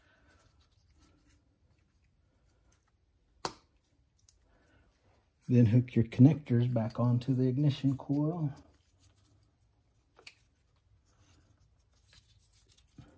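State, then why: Not seated. A wiring harness electrical connector is being handled to go back onto the plastic ignition coil of a 2011 Nissan Maxima 3.5L during a spark plug change. Someone talks, and a few sharp handling taps are heard around 3.5 s and 4.3 s, with faint contacts near 10.2 s and 12.7 s. Nothing has seated or clicked yet.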